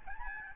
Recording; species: mosquito wingbeat signal from an infrared sensor; Aedes albopictus